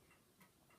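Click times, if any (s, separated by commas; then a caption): none. The acrylic lid of a vintage KB Discomatic record changer is lifted after its two swivel catches are undone, and the acrylic tray starts to ride forward as the carriage locking mechanism is handled. Only faint, quiet tick-like handling sounds are heard. Nothing has seated or clicked yet.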